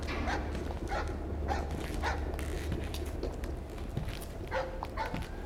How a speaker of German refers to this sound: Von einem holländischen Kahn, der am Ufer festgemacht war, kläffte ein Hund von der bissigen Sorte.